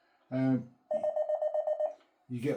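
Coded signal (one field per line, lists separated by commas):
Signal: none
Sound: transceiver button beeps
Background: speech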